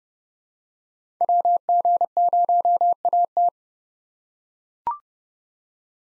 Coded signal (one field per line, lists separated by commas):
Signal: Morse code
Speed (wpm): 29 wpm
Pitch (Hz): 700 Hz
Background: none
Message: WG0AT